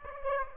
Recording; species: mosquito wingbeat signal from an infrared sensor; Aedes aegypti